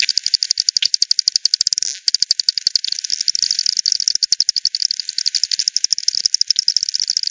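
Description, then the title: Bat calls heard as fast, regular ticking pulse trains, nearly continuous, with a brief gap around two seconds before the clicking resumes. Multiple bats at the Hogsmill River, Hogsmill Lane, 7 October 2020 at 18:10; FD10 recording, band-pass filtered and resampled. "WW bat 20201007 T 18 : 10 Z-Hogsmill-Lane-Hogsmill-River-multiple-bats"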